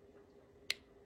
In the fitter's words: Little click. Now that thing's locked into place.